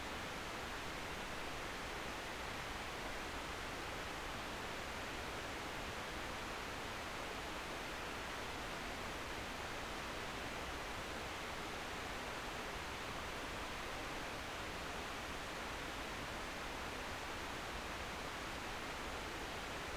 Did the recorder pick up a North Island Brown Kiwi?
no